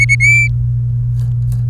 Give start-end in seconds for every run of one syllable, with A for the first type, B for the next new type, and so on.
0.00-0.15 A, 0.20-0.48 B